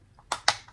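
A painted plastic shell piece for a custom Fallout PS5 controller is pressed onto the controller body after some struggle to get it to snap. Two sharp plastic clicks at 0.3 s and 0.5 s, with fainter ticks around them, mark its clips engaging, and the piece is seated.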